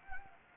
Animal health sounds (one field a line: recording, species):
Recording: mosquito wingbeat signal from an infrared sensor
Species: Anopheles gambiae